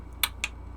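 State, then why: Torque reached. A torque wrench on a bolt of flight hardware is used again and reaches its setting. It gives a sharp double click at 0.2 and 0.4 seconds over a steady low hum. The clicks confirm the wrench has hit its torque.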